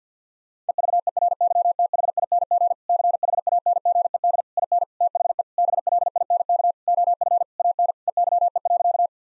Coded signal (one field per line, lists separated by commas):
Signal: Morse code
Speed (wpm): 50 wpm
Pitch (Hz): 700 Hz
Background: none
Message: EVERYTHING CHANGED IN THE BLINK OF AN EYE.